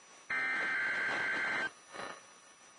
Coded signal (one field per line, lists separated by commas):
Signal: Emergency Alert System (SAME) tones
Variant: header bursts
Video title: Weather Radio Wednesday Tests (EAS #945-#954)